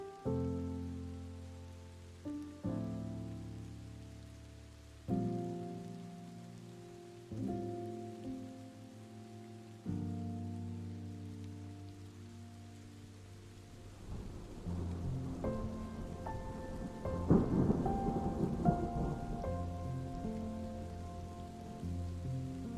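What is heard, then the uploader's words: Slow, soft music of held low chords opens, a new chord arriving about every two and a half seconds. From around fourteen seconds, steady rain rises beneath it, turning dense and crackly near seventeen seconds while the gentle chords continue underneath. STORM, RAIN and MUSIC. Thunder and rain with sleep music.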